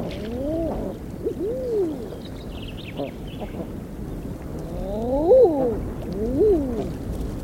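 Common eider cooing calls, soft arched 'ah-ooo' notes rising then falling, given in scattered bursts with two louder calls near the end over low background rumble.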